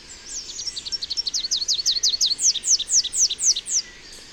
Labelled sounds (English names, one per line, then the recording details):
Rufous-capped Warbler song
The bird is a male
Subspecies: rufifrons
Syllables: 28
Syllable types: 6
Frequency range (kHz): 2.8-8.7 kHz
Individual FV-ONS-M